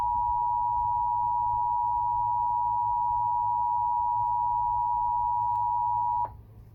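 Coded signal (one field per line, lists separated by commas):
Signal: Emergency Alert System (SAME) tones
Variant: 853 and 960 Hz attention tone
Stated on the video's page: Received over Mediacom cable TV EAS equipment, which may be glitching.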